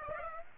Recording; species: mosquito wingbeat signal from an infrared sensor; Aedes aegypti